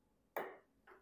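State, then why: Seated. Stacked hands on a 38 mm vintage Explorer-style watch are pressed carefully down onto the movement's hand pinions. A sharp little click rings at 0.4 s as the minute hand drops into place on its pinion and seats, followed by a softer tick near 0.9 s.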